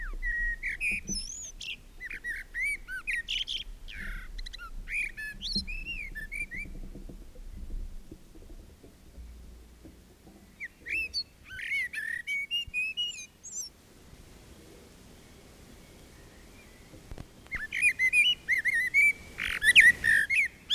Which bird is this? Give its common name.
Common Blackbird